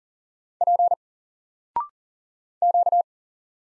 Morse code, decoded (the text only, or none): P Q